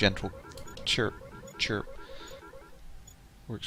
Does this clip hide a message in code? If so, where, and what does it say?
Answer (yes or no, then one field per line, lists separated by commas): no